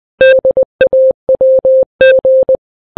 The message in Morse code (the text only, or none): DAWG